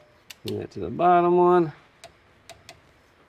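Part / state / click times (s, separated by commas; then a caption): caliper bracket bolt tightened with a torque wrench / torque reached / 0.3 s. A long torque wrench tightens a front brake caliper bracket bolt to 20 ft-lb on a 2007-2013 Nissan Altima, giving a quiet click at 0.3 s as it reaches the setting. Someone then talks, and three more faint ticks follow at about 2.0, 2.5 and 2.7 s.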